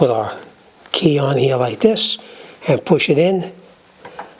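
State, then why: Not seated. A metal locking key is placed onto the shaft of an Ariens snow blower's discharge chute control during assembly and pushed in. Someone talks throughout, and two brief faint taps are heard near 4.0 and 4.2 seconds. The clip ends before the key goes home, so nothing has seated or locked yet.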